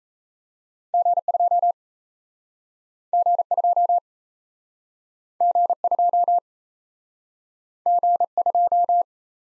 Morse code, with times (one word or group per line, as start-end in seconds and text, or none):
0.9-1.7 G2
3.1-4.0 G2
5.4-6.4 G2
7.9-9.0 G2